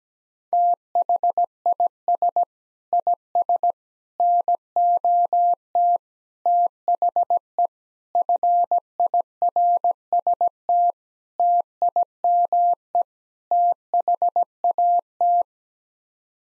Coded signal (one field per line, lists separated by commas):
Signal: Morse code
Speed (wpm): 17 wpm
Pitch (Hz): 700 Hz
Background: none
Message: THIS IS NOT THE FIRST TIME THAT